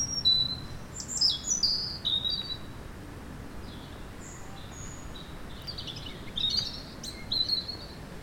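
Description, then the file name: European robin song: a run of high, tinkling whistled notes and slides, quieter midway, then further thin, jangling phrases; steady low background noise. "Erithacus rubecula"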